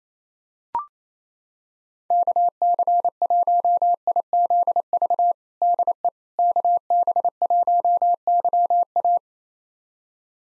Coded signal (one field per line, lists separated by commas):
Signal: Morse code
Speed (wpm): 27 wpm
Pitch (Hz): 700 Hz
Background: none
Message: KC1IZV DE KB1YA